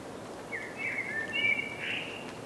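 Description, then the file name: Common blackbird song: one short mellow whistled phrase with slurred, warbling notes, against faint hiss. "Turdus merula"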